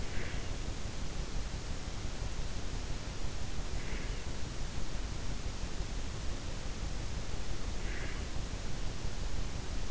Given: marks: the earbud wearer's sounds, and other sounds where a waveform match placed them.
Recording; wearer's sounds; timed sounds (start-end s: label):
sounds in sleep by an in-ear microphone; breath
0.00-0.63 s: breath
7.77-8.34 s: breath